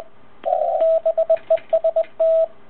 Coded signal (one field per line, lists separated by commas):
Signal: Morse code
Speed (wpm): 22 wpm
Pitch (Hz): 650 Hz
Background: radio noise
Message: BEST